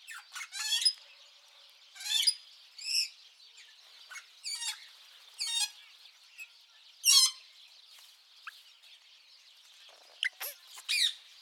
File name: Budgie sounds